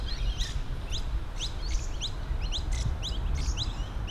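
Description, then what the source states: Little lorikeet sharp, high chirping calls, short rising notes repeated in quick bursts, over a steady low rumble. Recorded at Elster Creek.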